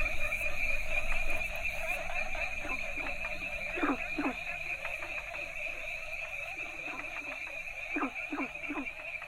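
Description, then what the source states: Frog chorus with constant shrill trilling and a low hum, broken by scattered rough croaks, several in quick pairs and a triple toward the end. A variety of Asian frog species calling together.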